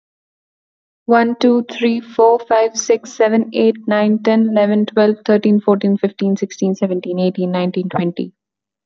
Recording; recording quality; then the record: counting at a fast pace; excellent, no background noise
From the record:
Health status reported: healthy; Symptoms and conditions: none ticked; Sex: female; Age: 22 years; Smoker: not ticked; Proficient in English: yes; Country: India